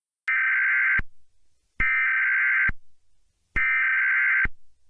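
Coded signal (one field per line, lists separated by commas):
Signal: Emergency Alert System (SAME) tones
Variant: header bursts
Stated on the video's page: Fictional EAS scenario recreation.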